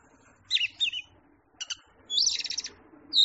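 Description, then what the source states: Oriental magpie-robin song in short bursts: two sharp whistled phrases, brief clicks, then a dense chattering trill ending in a high clear note. Champion singing bird.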